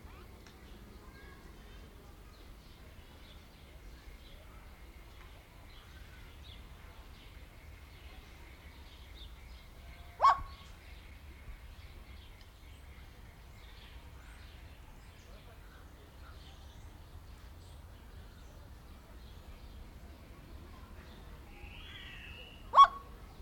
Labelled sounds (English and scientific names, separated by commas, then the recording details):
Red-legged Seriema (Cariama cristata) call
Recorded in captivity
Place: Zoo Berlin, Berlin, DE
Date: 1992-08-01 11:50
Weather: sonnig, 24-26°C
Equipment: Marantz CP 430, Sennheiser ME 80, Kopie Tesla B 116
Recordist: Tembrock, Günter